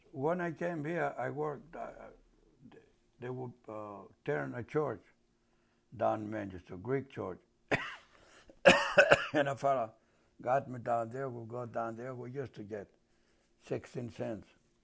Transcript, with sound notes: When I came here, I worked — they were tearing a church down in Manchester, Greek church. [Coughs] And a fellow got me down there. We go down there. We used to get sixteen cents